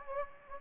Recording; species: mosquito wingbeat signal from an infrared sensor; Anopheles gambiae